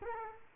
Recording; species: mosquito wingbeat signal from an infrared sensor; Culex quinquefasciatus